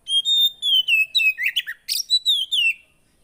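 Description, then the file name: Oriental magpie-robin giving a loud, pure drawn-out whistle, then a fast series of slurred chirps and a final falling whistle. Song that makes a caged kacer (magpie-robin) immediately agitated and excited. "Burung kacer anda langsung emosi dengar ini"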